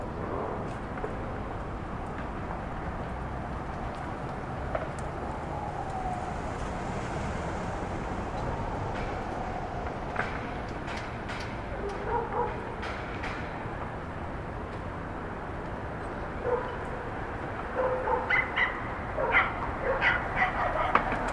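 Street sound from a Brooklyn rooftop: a steady low traffic rumble with scattered clatters, and sharper dog barks near the end.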